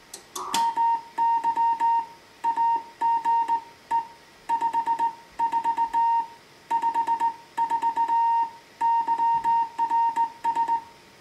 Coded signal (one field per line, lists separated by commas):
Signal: Morse code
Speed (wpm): 18 wpm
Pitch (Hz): 920 Hz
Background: music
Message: MY AGE 54 54 YRS